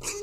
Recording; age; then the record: pig call; weaner (32 to 43 days)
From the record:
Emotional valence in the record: negative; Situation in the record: short isolation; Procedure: open field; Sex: female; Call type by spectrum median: high-frequency call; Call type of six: high-frequency stable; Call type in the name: high-frequency stable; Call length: 0.23 s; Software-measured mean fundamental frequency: 380 Hz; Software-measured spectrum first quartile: 779 Hz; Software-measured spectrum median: 3914 Hz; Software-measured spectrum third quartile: 6972 Hz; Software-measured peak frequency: 409 Hz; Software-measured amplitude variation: 117 dB a second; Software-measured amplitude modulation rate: 8.8 a second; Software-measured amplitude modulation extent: 13.3 dB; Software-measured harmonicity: 6.1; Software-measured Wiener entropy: -2.38